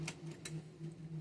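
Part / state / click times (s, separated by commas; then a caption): metal screw into plastic model kit part / seated / 0.5 s. A small metal screw is turned backwards in a plastic part of a scale model kit until its thread drops into the existing thread cut in the plastic, before tightening. Over a steady low hum, a sharp tick sounds at 0.1 s and a louder, brighter click at 0.5 s. The click at 0.5 s marks the screw thread seating into the existing thread.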